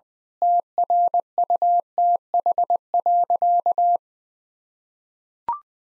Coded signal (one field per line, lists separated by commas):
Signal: Morse code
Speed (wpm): 20 wpm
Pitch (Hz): 700 Hz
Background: none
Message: TRUTH.